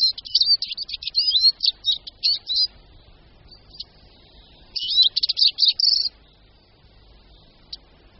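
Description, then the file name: Eurasian siskin twittering in two lively bursts of high chirps and trills, separated by a quieter pause. "Čížek-lesní"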